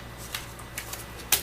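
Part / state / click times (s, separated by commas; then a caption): carbon/wood spar into foam wing groove / seated / 1.3 s. A 5 mm carbon/wood spar is pressed into the groove melted into the foam wing core of an RC model. A few faint ticks of handling come at about 0.3, 0.8 and 0.9 s, then a sharp, bright pop at 1.3 s as the spar seats in the groove.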